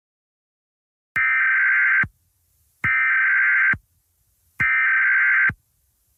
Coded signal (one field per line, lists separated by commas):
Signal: Emergency Alert System (SAME) tones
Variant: header bursts